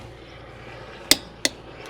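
A click-type torque wrench tightens a wheel lug nut on a 2014 Sierra to 140 lb-ft over a quiet, steady background hum. The wrench gives two sharp, bright clicks at 1.1 s and 1.5 s, confirming the nut is torqued to its setting.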